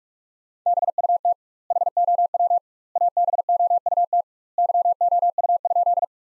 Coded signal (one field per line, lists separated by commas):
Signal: Morse code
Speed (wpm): 46 wpm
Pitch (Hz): 700 Hz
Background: none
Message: BUT HOW ABOUT YOU?